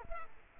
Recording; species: mosquito wingbeat signal from an infrared sensor; Culex quinquefasciatus